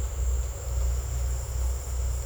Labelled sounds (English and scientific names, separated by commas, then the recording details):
none
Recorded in secondary vegetation near Puerto Asís, Putumayo, Colombia, on 18 December 2024 at 17:00
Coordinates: 0.468, -76.324
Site G095